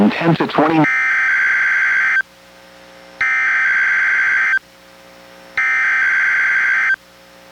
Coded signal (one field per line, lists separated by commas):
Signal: Emergency Alert System (SAME) tones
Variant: header bursts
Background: speech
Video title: EAS #853: NWR Required Weekly Test- July 26, 2023- 11:00AM PDT